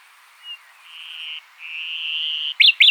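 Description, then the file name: Common nightingale: a soft short note, then two long pure whistled notes, the second swelling in loudness, ending with two sharp, emphatic notes. "Luscinia megarhynchos"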